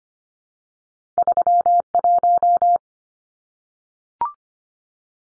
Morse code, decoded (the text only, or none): 31